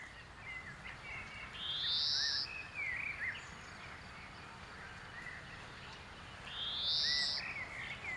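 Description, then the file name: European greenfinch uttering two long, wheezy buzzing notes about five seconds apart, followed by brief twittery notes, against a steady hissing background. "Chloris chloris"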